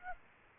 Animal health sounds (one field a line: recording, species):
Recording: mosquito wingbeat signal from an infrared sensor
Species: Aedes aegypti